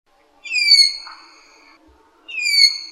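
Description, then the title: Black-naped oriole nasal calls: two drawn-out, slightly falling mewing notes, rich in harmonics, over a quiet background, the second cut off at the end. "kepodang"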